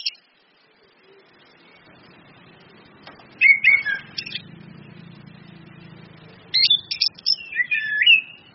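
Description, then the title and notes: Orange-headed thrush song: two clusters of sharp, sliding whistled notes, a low engine hum rumbling between them. Indonesian bird-training lure with continuous song (ngeplong) and female calls (suitan betina), meant to make birds sing steadily (gacor). "PANCINGAN anis kembang ngeplong dan SUITAN BETINA. Masteran Anis Kembang"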